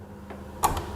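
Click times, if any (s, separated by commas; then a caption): 0.7 s. A bobbin case, likely metal, is pressed into the lower hook housing of a Singer Start 1306 sewing machine. A faint tap comes at 0.3 s, then a sharp click at 0.7 s. The click means the bobbin case is properly seated.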